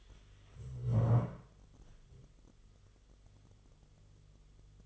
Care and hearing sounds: daily activity, microphone in the room; stand up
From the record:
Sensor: 4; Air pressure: 1006.0 hPa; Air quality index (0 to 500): 113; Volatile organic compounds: 3 ppm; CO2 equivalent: 1418 ppm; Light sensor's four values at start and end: 13/28/11/10 and 13/28/11/10

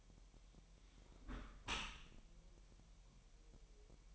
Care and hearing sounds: daily activity, microphone in the room; close dishwasher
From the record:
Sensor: 1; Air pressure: 1000.6 hPa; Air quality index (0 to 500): 248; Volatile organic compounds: 146 ppm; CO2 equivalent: 4006 ppm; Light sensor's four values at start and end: 11/28/11/12 and 11/28/11/12

